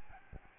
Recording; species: mosquito wingbeat signal from an infrared sensor; Aedes albopictus